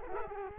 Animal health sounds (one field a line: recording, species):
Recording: mosquito wingbeat signal from an infrared sensor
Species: Culex quinquefasciatus